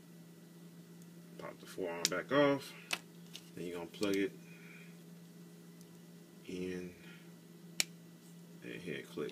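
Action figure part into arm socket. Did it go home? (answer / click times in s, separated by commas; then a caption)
yes / 7.8 s. Someone talks while the plastic forearm is taken back off a Robot Spirits Gundam Heavy Arms Custom action figure and a part is plugged into the figure's arm socket. A single sharp click at 7.8 s marks the part seating into the arm.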